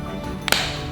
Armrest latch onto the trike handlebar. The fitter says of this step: another click